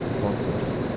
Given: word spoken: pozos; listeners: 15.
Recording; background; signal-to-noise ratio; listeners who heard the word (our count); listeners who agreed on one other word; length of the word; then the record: one Spanish word in noise, from a listening test; speech-shaped noise; -5.5 dB; 3 of 15; 6 of 15; 0.57 s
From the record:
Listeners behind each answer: 6, 3, 2, 1, 1, 1, 1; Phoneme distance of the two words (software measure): 17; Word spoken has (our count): 2 syllables, 5 phonemes, stress on syllable 1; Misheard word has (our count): 2 syllables, 4 phonemes, stress on syllable 1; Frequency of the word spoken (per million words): 7.30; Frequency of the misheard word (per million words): 277.73